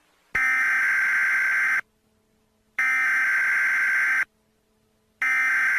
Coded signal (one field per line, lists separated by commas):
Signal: Emergency Alert System (SAME) tones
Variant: header bursts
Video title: EAS Scenario Part 1 - The Hours Of Joys - Poppy Playtime Chapter 3 Deep Sleep EAS Scenario